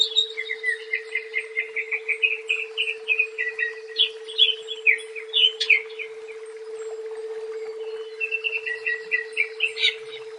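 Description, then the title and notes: Leafbird song: series of quick repeated chirping notes and varied twittering phrases over a steady hum. "Cucak Ijo"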